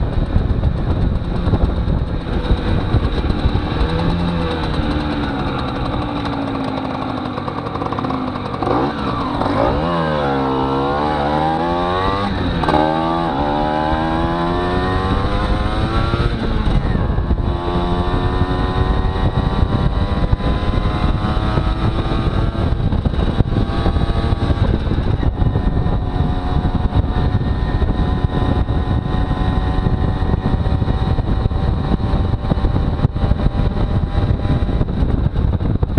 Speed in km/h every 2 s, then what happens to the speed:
29, 19, 10, 3, 6, 15, 22, 29, 33, 37, 40, 41, 40, 40, 42, 43, 44, 41.
0-5 brakes to 3. 7-19 speeds up to 40. 19-32 steady at about 41.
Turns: none.